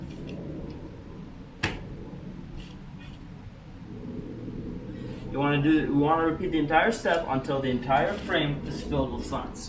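A frame piece of an 1891-pattern rifle assembly is slid into its rails and pushed until it clicks into place at 1.6 s with a single sharp, loud hit. Someone then talks, and the frame is seated in the rails.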